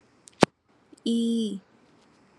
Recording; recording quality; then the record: sustained vowel as in beet; excellent, no background noise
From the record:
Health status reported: COVID-19 positive, no symptoms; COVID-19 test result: positive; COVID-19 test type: RT-PCR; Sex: female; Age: 25 years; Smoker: no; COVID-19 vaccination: both doses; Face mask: not worn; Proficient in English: yes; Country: India